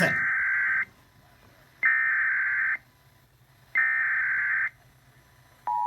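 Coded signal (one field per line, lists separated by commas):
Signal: Emergency Alert System (SAME) tones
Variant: header bursts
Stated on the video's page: Law enforcement warning EAS alert.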